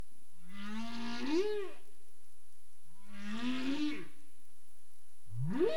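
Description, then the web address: Humpback whale moans: two long low tones each gliding upward and dropping away, separated by pauses, followed by a sharp rising upsweep at the close. Recorded 27 April 2035 at 21:47:31 UTC; part of the CARIMAM dataset. "CARIMAM clean data humpback whale 20350427 214731 UTC"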